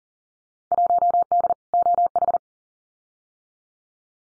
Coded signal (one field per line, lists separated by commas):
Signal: Morse code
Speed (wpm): 41 wpm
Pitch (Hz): 700 Hz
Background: none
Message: 1D OH